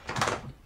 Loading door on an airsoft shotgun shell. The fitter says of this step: and it'll pop into place and you put the door on and actually